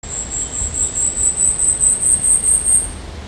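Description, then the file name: Asian stubtail song, a thin, very high insect-like buzz of rapid pulses that holds fairly steady in loudness over three seconds, with low rumbling background noise. "yabusame"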